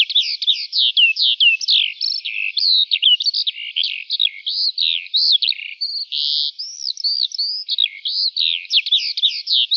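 Lark song of sweeping high chirps and slurred whistles in quick succession, with a brief buzzy note midway before the stream resumes.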